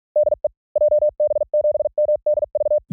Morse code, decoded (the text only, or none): DE JB7MDV